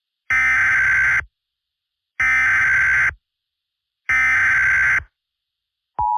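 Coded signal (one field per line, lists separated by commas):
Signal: Emergency Alert System (SAME) tones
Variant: header bursts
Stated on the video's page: Fictional EAS scenario (simulated) about a worldwide tsunami.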